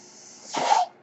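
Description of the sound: A single brief rush of air, about a third of a second long, rises and falls out of a quiet background hiss. It is the breath cycle of a mechanical ventilator pushing air to its user.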